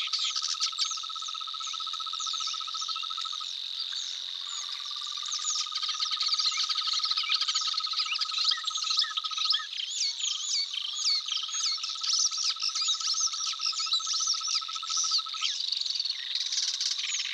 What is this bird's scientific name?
Locustella luscinioides